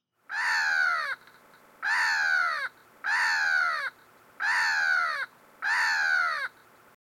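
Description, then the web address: Black-headed Gull call: five long, hoarse, falling screeches, regularly spaced with short pauses between them, with no other sounds. "voegel-aber-cool lachmoewe"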